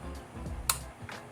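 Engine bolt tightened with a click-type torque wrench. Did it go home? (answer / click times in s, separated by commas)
yes / 0.7 s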